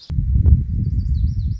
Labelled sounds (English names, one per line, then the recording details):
Lazuli Bunting
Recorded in Sonoma County, California